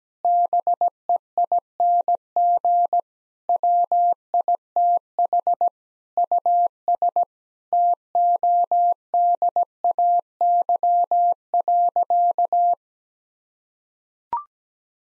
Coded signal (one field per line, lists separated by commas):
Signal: Morse code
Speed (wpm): 17 wpm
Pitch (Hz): 700 Hz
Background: none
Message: BEING WITH US TODAY.